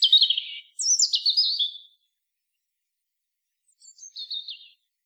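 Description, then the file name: European robin delivering two tumbling warbled phrases that drop from high to lower notes, a pause of about two seconds, then a softer, shorter warbling phrase. "Erithacus rubecula"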